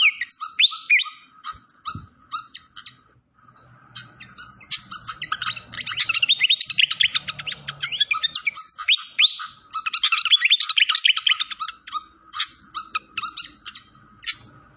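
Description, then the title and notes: Malaysian pied fantail song: long stretches of fast, squeaky chirping in dense bursts with short pauses, over a faint low rumble. Clear-voiced song from a masteran (training) recording. "Masteran Sikatan Kipas Suara Jernih Dan Suara Gemericik Air. Suara Burung Sikatan Londo"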